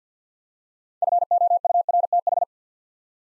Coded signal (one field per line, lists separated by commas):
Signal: Morse code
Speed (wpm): 52 wpm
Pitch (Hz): 700 Hz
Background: none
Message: FOURTH